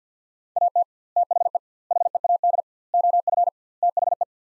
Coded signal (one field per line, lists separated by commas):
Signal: Morse code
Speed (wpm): 50 wpm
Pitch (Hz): 700 Hz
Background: none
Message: AT THE HEAD OF THE